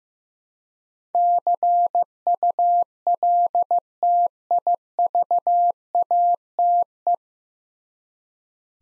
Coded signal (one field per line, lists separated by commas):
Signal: Morse code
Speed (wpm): 15 wpm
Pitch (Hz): 700 Hz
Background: none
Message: CULTIVATE